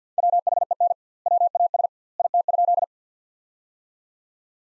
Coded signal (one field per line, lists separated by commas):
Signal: Morse code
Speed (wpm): 50 wpm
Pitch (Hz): 700 Hz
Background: none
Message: WHEN WAS IT?